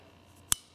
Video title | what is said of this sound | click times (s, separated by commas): Leatherman MUT | so once you open it up it's a hundred percent locked in it's not going anywhere | 0.5 s